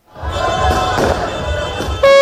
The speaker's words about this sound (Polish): Holenderscy kibice po ostatnim gwizdku wystrzelili pierwsze fajerwerki.